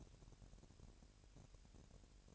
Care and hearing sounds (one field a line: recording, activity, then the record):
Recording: daily activity, microphone in the room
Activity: take from stove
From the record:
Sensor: 2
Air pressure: 1011.9 hPa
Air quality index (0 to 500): 196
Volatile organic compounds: 3 ppm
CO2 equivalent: 1389 ppm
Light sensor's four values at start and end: 75/179/74/72 and 75/178/74/72